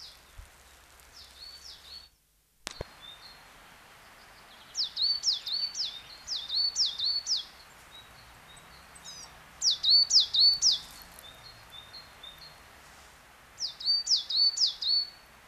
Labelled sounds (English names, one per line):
Coal Tit song